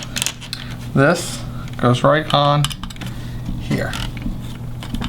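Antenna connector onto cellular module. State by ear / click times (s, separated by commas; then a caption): not seated / none. A small antenna lead connector is handled at the cellular module of a 2GIG Go!Control panel while someone talks, with a few light, sharp handling taps in between. Nothing has seated or clicked yet.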